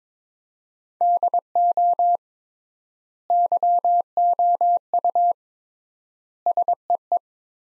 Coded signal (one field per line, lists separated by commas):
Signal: Morse code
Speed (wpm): 23 wpm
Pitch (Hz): 700 Hz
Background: none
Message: DO YOU SEE